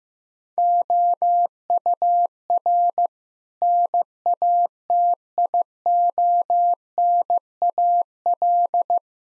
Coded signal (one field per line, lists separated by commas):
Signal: Morse code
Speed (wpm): 15 wpm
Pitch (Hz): 700 Hz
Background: none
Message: OUR NATIONAL